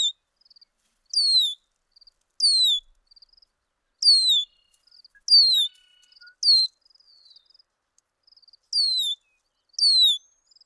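Bird song: clear whistled notes sliding down in pitch, about seven of them at uneven gaps, with faint soft twitters between.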